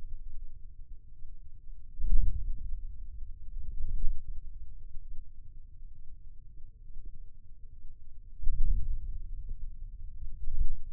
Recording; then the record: forearm muscle sounds (acoustic myography)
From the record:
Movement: hand closing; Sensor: system 2, bracelet of six BSWA MPA416 microphones around the upper forearm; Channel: 6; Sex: male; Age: 22 years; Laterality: right